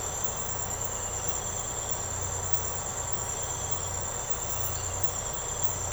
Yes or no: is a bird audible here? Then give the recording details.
no. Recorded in secondary vegetation near Puerto Asís, Putumayo, Colombia, on 13 March 2025 at 04:30. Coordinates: 0.468, -76.324. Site G059